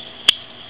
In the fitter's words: locks up securely and with this nice satisfying click